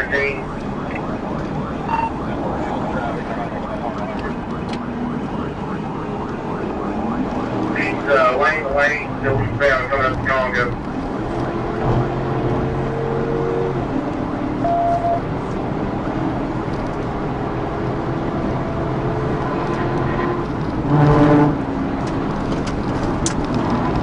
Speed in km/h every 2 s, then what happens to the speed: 114, 109, 109, 118, 119, 132, 137, 145, 158, 161, 163, 159.
4-17 speeds up to 161. 17-24 steady at about 161.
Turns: none.